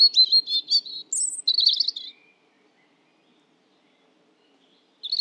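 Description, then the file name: European robin singing high, thin warbled phrases with trills and a brief high whistle, then silence before another short phrase starts at the end. "Erithacus rubecula"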